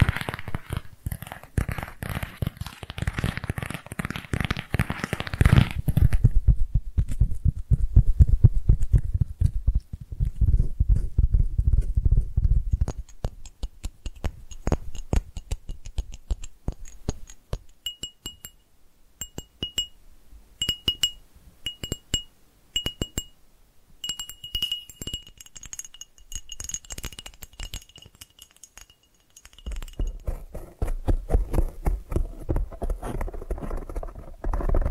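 Tapping triggers: rapid, dense taps fill the first six seconds, then give way to slower, lower thuds until about 13 seconds. Sparse clicks and small glassy clinks follow, with a faint high ringing tone from about 18 to 29 seconds, before fuller tapping returns at the end.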